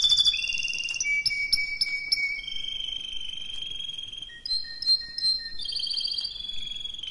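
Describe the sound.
Canary song made of fast chattering trills and clear whistles, phrases shifting pitch every second or two over light background noise.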